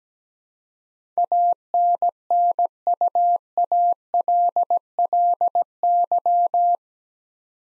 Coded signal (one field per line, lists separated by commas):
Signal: Morse code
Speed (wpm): 17 wpm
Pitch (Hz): 700 Hz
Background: none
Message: ANNUALLY